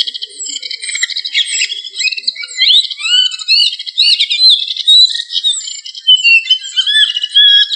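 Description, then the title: Thrush song, a continuous stream of varied high whistles and quick slurred notes, rising and falling phrases tumbling without pause. "Familia Turdidae - Sabia"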